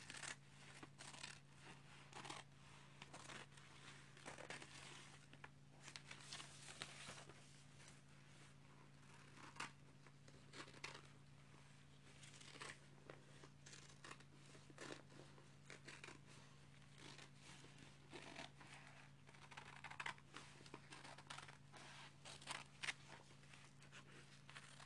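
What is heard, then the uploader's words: Cutting newspaper and handling tops, with dense bursts of crisp, papery snips and rustles scattered unevenly across the whole 25 seconds. A steady low hum runs underneath throughout, and some stretches bunch into quicker, louder flurries around the middle and near the end. Opening and closing of various tops. Cutting newspaper.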